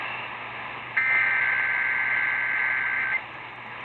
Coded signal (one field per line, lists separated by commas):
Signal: Emergency Alert System (SAME) tones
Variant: header bursts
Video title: Capital District Monthly Test (10/6/20) (EAS 3988)